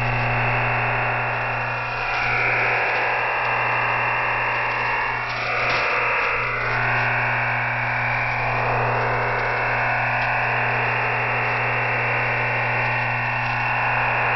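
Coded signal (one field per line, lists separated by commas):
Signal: digital SSTV (DRM)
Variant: EasyDRF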